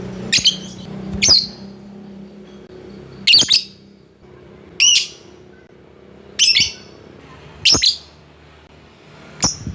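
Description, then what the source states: Lovebird calls, shrill squawking notes repeated irregularly about every one to two seconds over a low background hum. Lovebird calling a rival.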